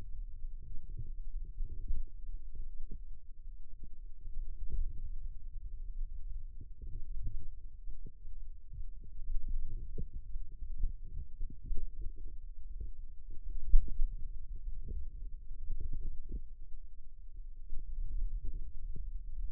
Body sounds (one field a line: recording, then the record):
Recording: forearm muscle sounds (acoustic myography)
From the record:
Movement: hand opening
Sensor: system 2, bracelet of six BSWA MPA416 microphones around the upper forearm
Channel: 6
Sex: female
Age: 22 years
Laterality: right